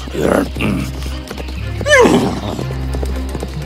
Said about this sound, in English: The loud neighing of my horse disturbed the sleeping giant, and he was furious.